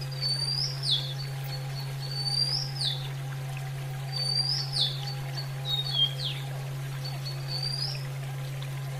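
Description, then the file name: Oriental magpie-robin giving soft high whistled notes that rise and then drop sharply, in loose repeated phrases, with a continuous low hum underneath. Female bird, nature-therapy sound. "terapi alam kacer betina"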